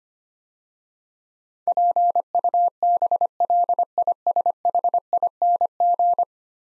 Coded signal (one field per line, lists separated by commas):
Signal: Morse code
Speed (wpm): 25 wpm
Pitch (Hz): 700 Hz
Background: none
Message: PUBLISHING